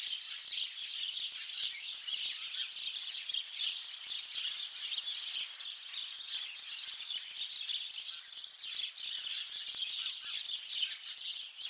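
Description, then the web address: Birds in a loud, continuous chorus of sharp high chirps and twittering, individual notes blurring into a constant chatter. "Deverinetal 2025. Bird Only"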